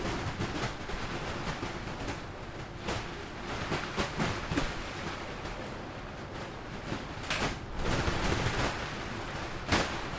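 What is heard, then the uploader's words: Storm winds roar steadily against a tent, with sharp flapping snaps of fabric around three, seven and ten seconds over a dense low rumble. Storm In A Tent. When you spend the night in a tent while an autumn storm rages outside, the sound inside is quite dark and ominous.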